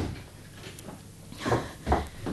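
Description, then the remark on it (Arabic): A door swings shut with a dull thump, followed moments later by a second solid knock as it settles closed, over a quiet background with no talking. “اقفل الباب”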